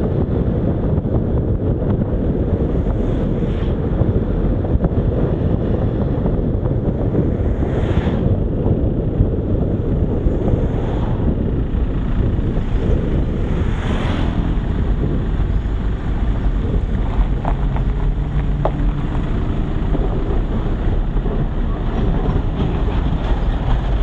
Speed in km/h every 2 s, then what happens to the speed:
43, 41, 41, 36, 29, 22, 16, 13, 12, 11, 10, 8.
0-24 slows to 8.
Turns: 19-24.